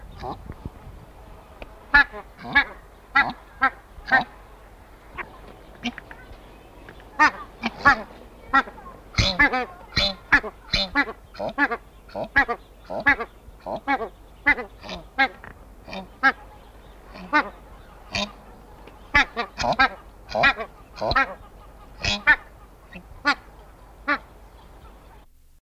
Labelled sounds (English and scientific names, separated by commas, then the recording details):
Australian Shelduck (Tadorna tadornoides) call
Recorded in captivity
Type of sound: call
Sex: pair
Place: Vogelpark Walsrode, Niedersachsen, DE
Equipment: Halbspur, 9,5 cm/s
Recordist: Lütgens, Hans
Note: Rufe